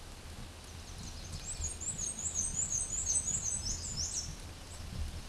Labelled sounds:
Black-and-white Warbler (Mniotilta varia) song
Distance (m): 10 m
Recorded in a Pennsylvania forest on 18 May 2023 at 13:54
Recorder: AudioMoth, point grid1_3_low
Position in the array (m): 86 m, 44 m

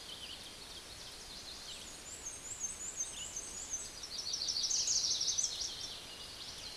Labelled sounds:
Black-and-white Warbler (Mniotilta varia) song
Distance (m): 30 m
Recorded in a Pennsylvania forest on 19 May 2023 at 13:22
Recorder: AudioMoth, point grid1_29_low
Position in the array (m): 28 m, 62 m

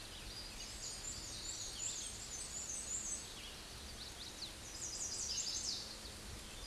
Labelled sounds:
Black-and-white Warbler (Mniotilta varia) song
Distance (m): 15 m
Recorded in a Pennsylvania forest on 19 May 2023 at 10:18
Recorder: AudioMoth, point grid1_9_low
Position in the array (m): 53 m, 115 m

